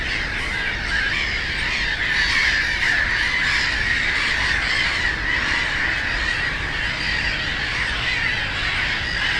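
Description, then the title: Black-headed gulls forming a constant wash of overlapping harsh calls, individual notes hard to pick out, with a low background roar of road noise. Many black-headed gulls, loudest of plentiful birds on ponds of a former coal-mining area, Frog Ponds nature complex, Bytom, Poland; DK79 road and railway noise; recorded with Zoom F4 and AT BP4025. "Żabie Doły, Bytom, Polska - Black-headed gulls at Frog Ponds complex"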